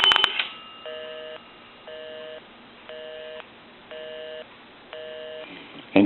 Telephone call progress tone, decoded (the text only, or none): busy tone